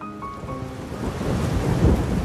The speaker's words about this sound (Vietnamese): Hà Nội, chiều mưa,